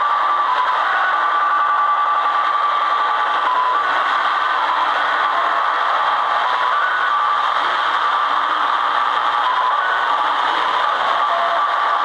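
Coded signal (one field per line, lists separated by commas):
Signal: HF data modem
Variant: Slot Machine (XSL)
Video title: Japanese 'Slot Machine' XSL 6249-6250khz/6.25mhz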